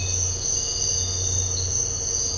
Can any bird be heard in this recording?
no